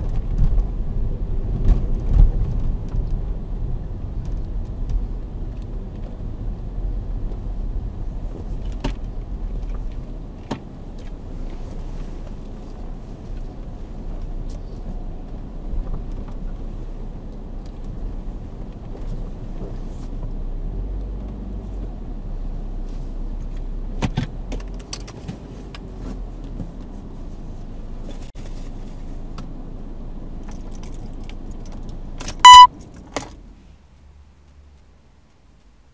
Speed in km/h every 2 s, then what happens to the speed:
19, 16, 12, 9, 4, 0, 0, 0, 0, 0, 0, 0, 0, 0, 0, 0, 0, 0.
0-9 slows to 0. 9-36 standing.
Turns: none.